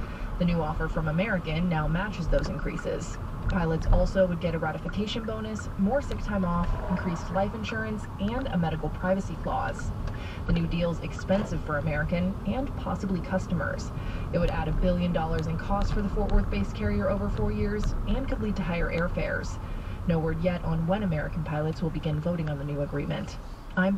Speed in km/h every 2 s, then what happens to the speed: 21, 21, 18, 15, 15, 15, 19, 21, 19, 16, 11, 6.
0-7 slows to 15. 10-13 speeds up to 21. 17-24 slows to 6.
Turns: 4-10.